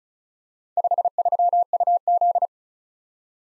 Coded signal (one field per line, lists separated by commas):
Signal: Morse code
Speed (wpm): 39 wpm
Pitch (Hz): 700 Hz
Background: none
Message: 53UZ